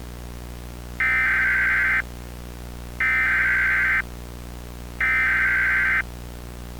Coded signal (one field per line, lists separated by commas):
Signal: Emergency Alert System (SAME) tones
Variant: header bursts